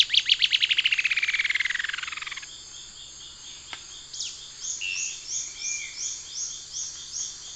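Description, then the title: Cinereous antshrike giving a fast, descending series of rapid notes that fades over about two seconds, followed by high pulsing insect-like buzzes and scattered chirps. Subspecies Thamnomanes caesius glaucus. "LuckyPassaro Completos2Sama. Cinereous Antshrike (Thamnomanes caesius glaucus)"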